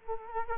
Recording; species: mosquito wingbeat signal from an infrared sensor; Culex quinquefasciatus